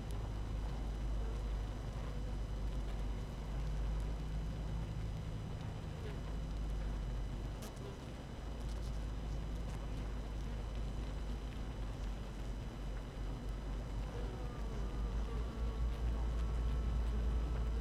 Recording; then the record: honeybee colony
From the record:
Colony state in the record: active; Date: 12 June 2018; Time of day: 6:42